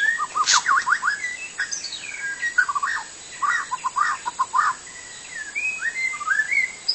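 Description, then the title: White-rumped shama song: varied phrases, rapid chattering trills and sliding whistles, ending with softer rising notes. Wild forest bird; song described as kicau. "Kicau burung murai batu hutan"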